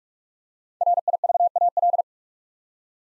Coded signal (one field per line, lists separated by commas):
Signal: Morse code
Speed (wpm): 44 wpm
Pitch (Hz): 700 Hz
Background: none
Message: RIVAL